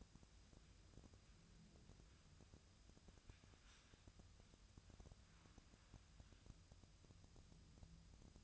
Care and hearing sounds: daily activity, microphone in the room; wipe stove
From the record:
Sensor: 2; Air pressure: 1004.6 hPa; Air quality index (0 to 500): 78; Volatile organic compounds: 1 ppm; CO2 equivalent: 920 ppm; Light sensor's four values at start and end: 7/16/6/6 and 7/16/6/6

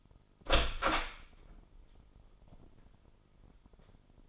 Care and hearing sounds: daily activity, microphone in the room; open door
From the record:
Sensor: 5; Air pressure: 996.2 hPa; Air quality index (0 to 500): 39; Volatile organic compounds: 1 ppm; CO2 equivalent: 625 ppm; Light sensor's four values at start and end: 43/101/42/44 and 43/100/42/44

